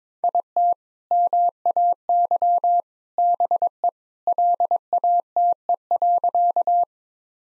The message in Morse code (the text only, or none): IT MAY BE LATE.